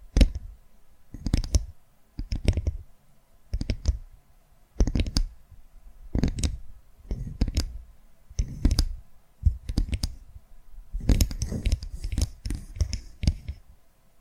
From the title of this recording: ASMR Tapping Through Your Brain